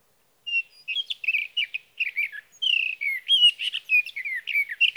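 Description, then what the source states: Sage thrasher singing a rapid, continuous warble of slurred whistled notes and chattery phrases after a half-second of silence. Male singing through the night near his night roost, evening June 12 to morning June 15, 2018, Sierra Valley, California; recorded on a Swift recorder.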